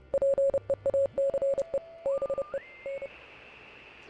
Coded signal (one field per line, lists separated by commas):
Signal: Morse code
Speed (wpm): 31 wpm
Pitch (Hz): 550 Hz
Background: radio noise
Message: PEACE BE N